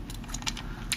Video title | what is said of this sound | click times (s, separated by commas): Innokin Itaste VTR!! What a beast! | put it back in Click and there you go | 0.9 s